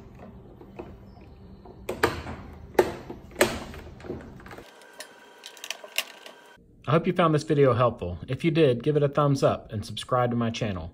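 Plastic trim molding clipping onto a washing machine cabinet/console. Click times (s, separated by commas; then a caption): 2.0 s, 2.8 s, 3.4 s. Plastic trim molding is pressed back onto a Whirlpool Kenmore washing machine cabinet, its clips snapping into place with sharp snaps at 2.0, 2.8 and 3.4 seconds. A few lighter ticks follow, then someone talks, and the trim is seated.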